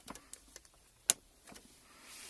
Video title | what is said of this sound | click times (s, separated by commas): INSTALLATION AUTO-RADIO #kenwood kdc-x5000bt | comme par magie il vient se clipser tous elle donc | 1.1 s